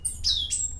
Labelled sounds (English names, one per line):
Stitchbird song